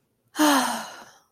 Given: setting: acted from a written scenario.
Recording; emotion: vocal sound without words; contentment